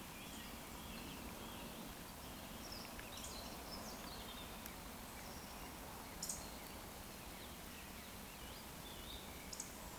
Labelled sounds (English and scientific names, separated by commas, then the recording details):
Eurasian Woodcock (Scolopax rusticola) whistle
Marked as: whistle, whistle, whistle, whistle
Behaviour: display flight
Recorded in Baden-Württemberg, Germany, on 14 June 2020 at 19:53 UTC
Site 14569, 102 m above sea level